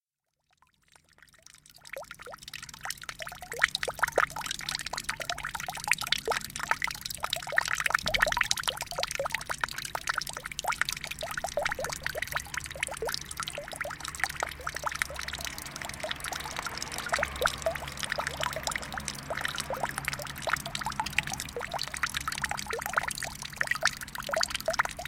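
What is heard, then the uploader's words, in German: A fountain splashes steadily in a park, its falling water making a dense, bright patter of drops and trickles that fades in during the first two seconds and then holds constant. A faint low hum runs underneath throughout. Klanglandschaft/Soundscape: Brunnen am Kurpark von Unterwössen by Frank Schätzlein.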